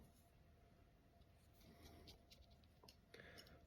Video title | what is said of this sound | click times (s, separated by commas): FAST & FURIOUS NISSAN SKYLINE GTR ALTAYA montage 1,2,3,4 et 5 | s'emboîte mais ça bouge | 3.1 s